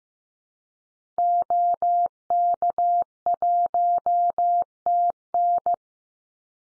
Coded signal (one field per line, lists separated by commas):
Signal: Morse code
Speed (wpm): 15 wpm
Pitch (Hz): 700 Hz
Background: none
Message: OK1TN